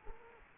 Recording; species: mosquito wingbeat signal from an infrared sensor; Culex quinquefasciatus